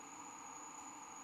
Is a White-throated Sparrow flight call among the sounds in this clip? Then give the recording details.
no. No flight call is heard. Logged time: 11:41 on 15 December 2014